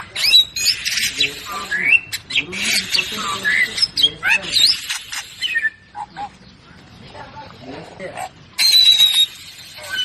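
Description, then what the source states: Bird song made of rapid squawky chirps and swooping notes, then a lull with faint calls and a high, thin whistled phrase. Melodious voice.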